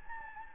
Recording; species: mosquito wingbeat signal from an infrared sensor; Anopheles gambiae